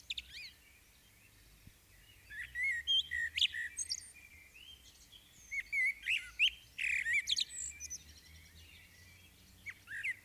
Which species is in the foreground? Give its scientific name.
Turdus merula